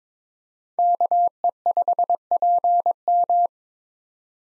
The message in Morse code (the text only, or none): KE5PM